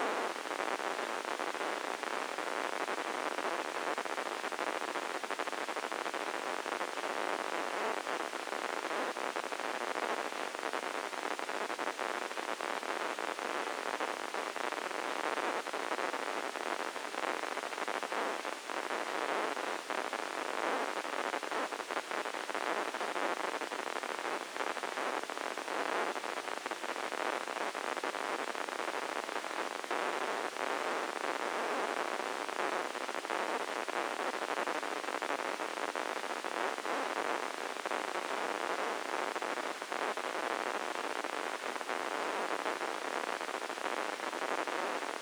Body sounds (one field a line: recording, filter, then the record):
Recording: brain microelectrode recording played as sound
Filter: spike band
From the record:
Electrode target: subthalamic nucleus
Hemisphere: left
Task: reaching with the right hand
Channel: 1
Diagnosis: Parkinson's disease